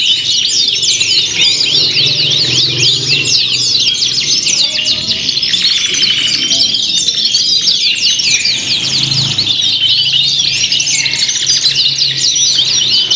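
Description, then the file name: Canary song chorus: many fast, high twittering trills and zigzag chirps pour out without pause over a low background rumble. Simulated canary singing contest with tutor songs mixed in as fill-in material for training birds. "audio simulasi lomba kenari isian. omkicau"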